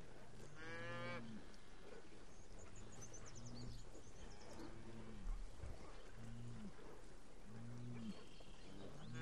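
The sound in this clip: Cow lowing: one loud moo at the start, then several soft, short, low moos over a hissy background.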